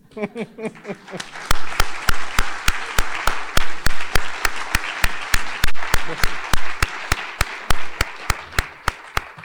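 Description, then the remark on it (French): After a brief moment of voices, an audience breaks into loud, sustained applause, settling into a steady rhythmic clapping beat that continues to the end. “C'est agréable d'avoir constaté que vous avez déjà deux fois applaudi avant que nous ne parlions.”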